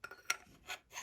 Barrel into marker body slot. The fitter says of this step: with that metal piece. You hear it click in.